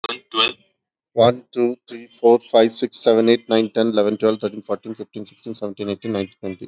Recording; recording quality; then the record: counting at a fast pace; excellent, no background noise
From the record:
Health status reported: healthy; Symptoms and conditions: none ticked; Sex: male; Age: 39 years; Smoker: not ticked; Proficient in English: yes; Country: India